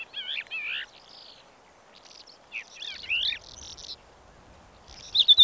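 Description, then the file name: Crested lark song of harsh, buzzy and rattling notes with some drawn-out tones, ending on a high whistled note; a faint low rumble in the background. Subspecies magna, recorded in the Kyzylkum desert, Kazakhstan, on 10 April 2011. "crelark-magna-2-S-CON kz kyzylkum 2-tal"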